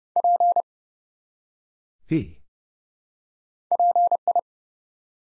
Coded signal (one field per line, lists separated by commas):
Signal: Morse code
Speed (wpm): 30 wpm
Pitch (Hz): 700 Hz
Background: none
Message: P PI